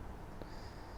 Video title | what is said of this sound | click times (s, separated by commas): HOW TO: The Ultimate Rotax Max 125 Tuning Guide - POWER REPUBLIC | we're just going to squeeze that all the way until it's on you'll feel it click in | 0.4 s